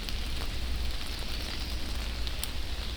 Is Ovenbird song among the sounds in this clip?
no